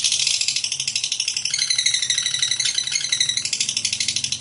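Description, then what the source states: Lovebird chattering song: dense, rapid high-pitched notes in a continuous run. Lovebird described as a 'fighter' and 'gacor'.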